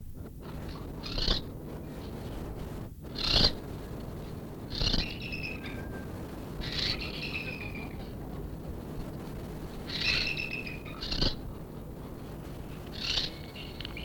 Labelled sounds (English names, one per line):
Western Barn Owl